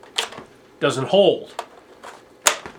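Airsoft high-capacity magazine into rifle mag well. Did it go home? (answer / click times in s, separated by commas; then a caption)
no / none. A 180-round APS high-capacity airsoft magazine is pushed into the mag well of a CSI XR 5 S.T.A.R. ABR rifle, with sharp plastic knocks near 0.2 s and 2.5 s while someone talks in between. The mag catch does not engage far enough, so the magazine does not hold, and nothing has seated or clicked yet.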